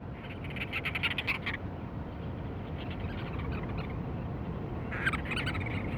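Cape Verde storm petrel with two bouts of rapid rattling notes, one early and one near the end, separated by a stretch of low steady rumble.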